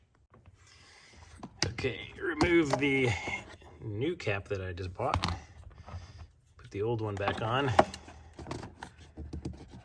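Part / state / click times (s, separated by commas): oil filler cap onto engine oil filler neck / not seated / none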